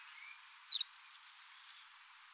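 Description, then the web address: European robin song, a short thin phrase of high sibilant notes, a few soft separate notes then a quick run of bright trills near the top of the range. Song; recorded at Wiesloch. "Wiesloch Rotkehlchen Gesang"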